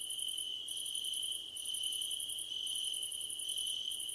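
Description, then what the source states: Steady cricket song: bursts of rapid high pulses with short pauses, plus a constant shrill drone underneath. Crickets at night under a starlit sky, nighttime ambience.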